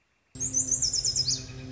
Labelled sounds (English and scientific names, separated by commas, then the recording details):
Northern Flicker (Colaptes auratus)
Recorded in Sonoma County, California